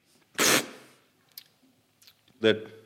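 A man takes a loud, hissing slurp of first-flush tea, made from the year's first leaves, from a small porcelain cup, followed by a few faint wet mouth clicks and a short, throaty smacking sound as he tastes it.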